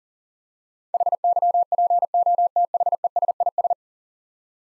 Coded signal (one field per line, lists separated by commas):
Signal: Morse code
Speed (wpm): 37 wpm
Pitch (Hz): 700 Hz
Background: none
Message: HYPOTHESIS